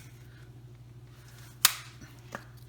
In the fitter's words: It's got a foldable, once you fold it out, it kind of locks in place.